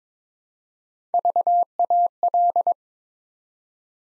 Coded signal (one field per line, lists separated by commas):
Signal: Morse code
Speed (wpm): 22 wpm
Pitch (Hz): 700 Hz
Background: none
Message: VAL